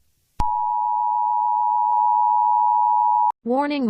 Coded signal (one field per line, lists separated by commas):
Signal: Emergency Alert System (SAME) tones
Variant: 853 and 960 Hz attention tone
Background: speech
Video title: EAS scenario: Monika